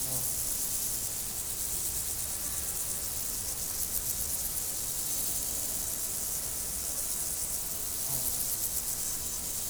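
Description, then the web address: Continuous shrill insect chirring, even in level from start to end, over a quiet low background rumble. Insects recorded in nature, 2014. "allathangok termeszetben rovarok professzionalis 2014"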